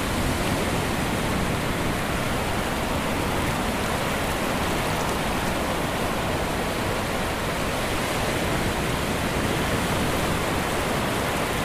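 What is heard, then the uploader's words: Atlantic ocean waves roll against a beach in a steady, dense wash of hiss and rumble, unchanging in level throughout, with no distinct breaks. Rolling Ocean Waves. The sound of Atlantic ocean waves rolling against a hot summer beach.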